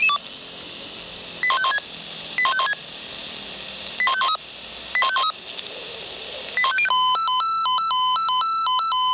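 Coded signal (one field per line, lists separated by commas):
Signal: pager alert tone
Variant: Swissphone Quattro 98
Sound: brief chirpy tone bursts, then a rapid warbling alternating alert melody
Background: background hiss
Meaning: Fire brigade test alarm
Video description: Probealarm der Feuerwehr Andernach mit Funkmeldeempfänger (FME)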